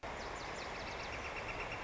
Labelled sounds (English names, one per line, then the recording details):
Northern Flicker
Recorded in Sonoma County, California